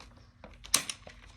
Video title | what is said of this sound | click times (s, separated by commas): THINK V1 SEAT REPLACEMENT BLACK TAB REMOVAL AND INSTALL | until we feel it lock in | 0.8 s